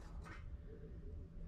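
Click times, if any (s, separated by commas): none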